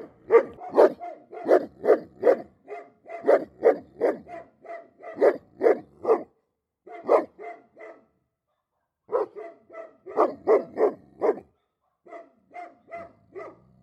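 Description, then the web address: Dog giving rapid runs of deep, repeated barks, several quick volleys broken by short pauses, with a faint low hum near the end. Large dog, barking. "Lynne Music 2 Big-Dog-Barking"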